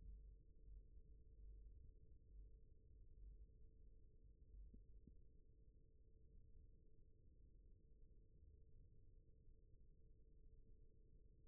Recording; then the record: forearm muscle sounds (acoustic myography)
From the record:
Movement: rest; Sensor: system 1, eight BSWA MPA416 microphones around the upper forearm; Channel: 4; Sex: male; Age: 28 years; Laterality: right